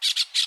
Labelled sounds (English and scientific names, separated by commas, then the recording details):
Brown-throated Parakeet (Eupsittula pertinax) contact call
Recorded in Aruba
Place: hill w/tanki N of Savaneta
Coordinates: 12.461, -69.944